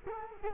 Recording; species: mosquito wingbeat signal from an infrared sensor; Culex quinquefasciatus